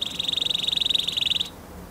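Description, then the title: Domestic canary song: a fast, even trill of repeated notes near one pitch, lasting about one and a half seconds, then quiet. Portuguese canary breed. "Kenari Portugis"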